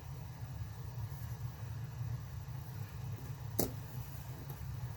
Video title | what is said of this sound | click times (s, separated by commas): The Heltec Tracker v1.1 - An Amazing Meshtastic Node For Off- Grid tracking and Communications. | There, you can hear a click. | 3.6 s